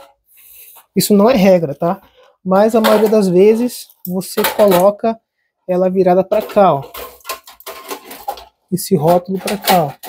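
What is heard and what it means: Someone talks while a PC power supply unit is turned and lined up in a PC case bay, its fan and label oriented a certain way before it is set in place. A short run of handling knocks sounds around 7.3, 7.5, 7.6, 7.7, 8.1 and 8.3 seconds. Nothing has seated or clicked into place yet.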